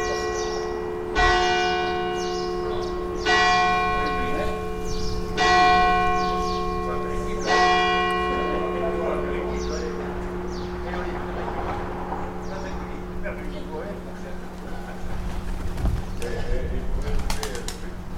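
Church bells ring in slow, evenly spaced strokes about every two seconds for the first ten seconds, each strike blooming into a long humming ring. Afterward the tolling fades, leaving a steady low hum with scattered faint voices and small background sounds.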